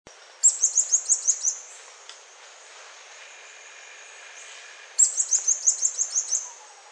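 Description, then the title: White-chinned sapphire giving two rapid runs of sharp, very high ticking notes, separated by a pause of a few seconds. "LuckyPassaro Completos2Sama. White-chinned Sapphire (Hylocharis cyanus)"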